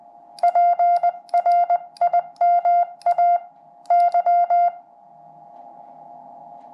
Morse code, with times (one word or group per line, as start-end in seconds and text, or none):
0.4-3.4 PRIMA
3.9-4.7 Y